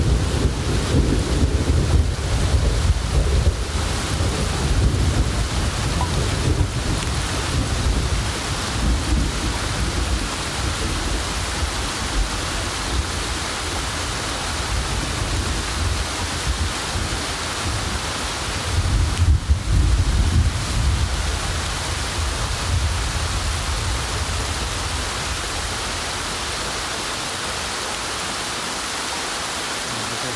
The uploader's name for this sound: Thunderstorms at Mont Tremblant